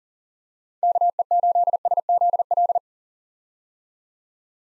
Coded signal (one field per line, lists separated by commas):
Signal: Morse code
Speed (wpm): 40 wpm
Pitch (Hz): 700 Hz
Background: none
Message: KE8SZL